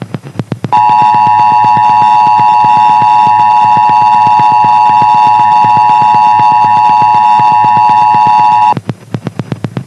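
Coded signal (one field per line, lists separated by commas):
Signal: Emergency Alert System (SAME) tones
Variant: 853 and 960 Hz attention tone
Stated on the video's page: Mock alert with valid tones for a fictional Emergency Action Notification.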